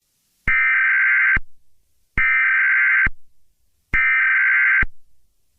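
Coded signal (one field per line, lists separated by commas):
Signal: Emergency Alert System (SAME) tones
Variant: header bursts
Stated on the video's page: Fictional mock EAS scenario about an ancient reborn animal destroying the U.S. and Canada.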